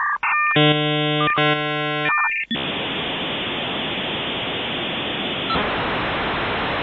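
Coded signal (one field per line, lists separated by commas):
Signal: dial-up modem handshake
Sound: brief tones, two harsh buzzing multi-tone bursts, then steady loud hiss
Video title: Modem Sound Effect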